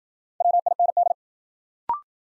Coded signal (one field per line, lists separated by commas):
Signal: Morse code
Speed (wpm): 55 wpm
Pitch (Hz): 700 Hz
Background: none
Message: WIND